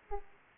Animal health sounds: mosquito wingbeat signal from an infrared sensor; Aedes aegypti

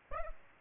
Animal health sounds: mosquito wingbeat signal from an infrared sensor; Aedes aegypti

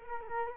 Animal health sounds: mosquito wingbeat signal from an infrared sensor; Culex quinquefasciatus

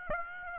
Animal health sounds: mosquito wingbeat signal from an infrared sensor; Aedes aegypti

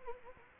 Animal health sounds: mosquito wingbeat signal from an infrared sensor; Anopheles arabiensis

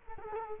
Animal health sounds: mosquito wingbeat signal from an infrared sensor; Culex quinquefasciatus

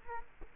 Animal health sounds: mosquito wingbeat signal from an infrared sensor; Culex quinquefasciatus

